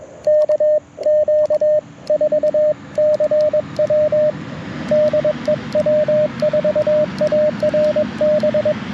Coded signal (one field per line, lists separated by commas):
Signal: Morse code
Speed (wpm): 21 wpm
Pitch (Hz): 590 Hz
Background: radio noise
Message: KQ4CW DE W4ARB